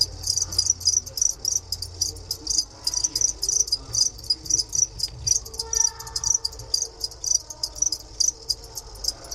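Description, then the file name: Two-spotted cricket repeating brief, piercing chirps at a steady pace. Kept in a museum in Moscow, Russia; recorded 3 March 2016. "Gryllus bimaculatus in Darvinovskiy museum"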